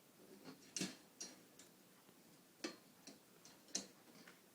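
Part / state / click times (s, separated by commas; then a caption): metal part clipped into a cat trap cage / not seated / none. Someone tries to clip a metal part into a metal cat trap cage to hold it in place, but it is the wrong piece. Several light metallic ticks are heard, but nothing has seated or clicked yet.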